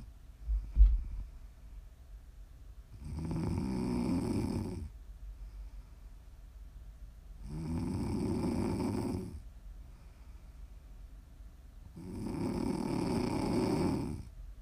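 ASMR snoring from an adult sleeper: three long, rumbling snores about every 4.5 seconds, roughly 13 breaths a minute, with quiet pauses between.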